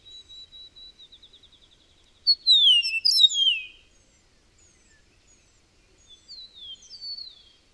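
Bird song opens with a soft, rapid ticking trill, then bursts into loud downward-sliding whistles, followed after a pause by quieter slurred notes.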